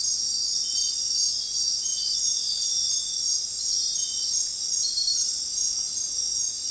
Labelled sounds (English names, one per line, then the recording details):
none
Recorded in dense forest near Puerto Asís, Putumayo, Colombia, on 20 February 2024 at 01:00
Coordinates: 0.500, -76.322
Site G6465